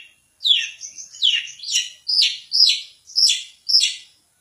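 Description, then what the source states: Long-tailed shrike song, a run of loud harsh chattering phrases, each dropping in pitch. Competition champion bird.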